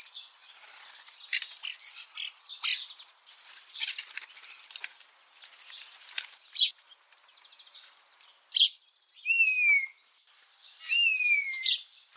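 Common starling song: a run of ticking and rattling notes, then sharp clicks and two clear whistles gliding downward near the end.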